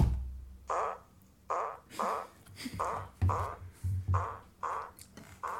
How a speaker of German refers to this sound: So furzt.